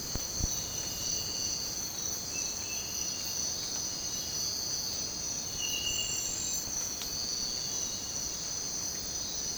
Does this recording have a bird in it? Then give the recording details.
no. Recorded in dense forest near Puerto Asís, Putumayo, Colombia, on 22 December 2024 at 04:30. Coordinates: 0.466, -76.327. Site G075